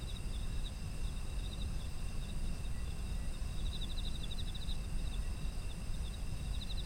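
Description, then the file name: Insect chorus: rapid pulsed chirps coming in irregular bursts, with continuous high-pitched insect drones and a deep steady rumble underneath. Ambient sound of autumn insects. "秋の虫の環境音"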